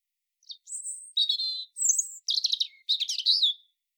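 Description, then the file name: European robin song: a run of thin, high, tinkling phrases, sweet whistles alternating with rapid twittery trills, each burst separated by short pauses, no other sounds. "Erithacus rubecula"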